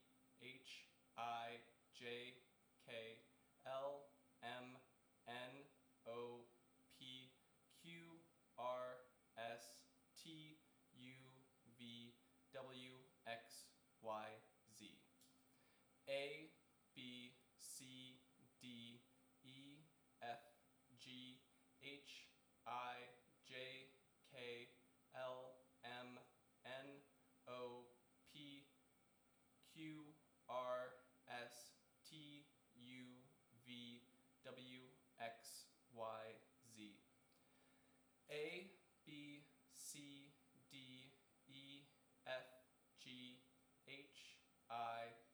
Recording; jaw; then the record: letters of the alphabet, spoken; free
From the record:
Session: seven days later